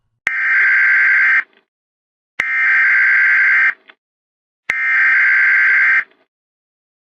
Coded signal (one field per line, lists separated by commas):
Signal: Emergency Alert System (SAME) tones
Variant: header bursts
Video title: Cheddar and barbecue wavy EAS warning (FOUND FOOTAGE)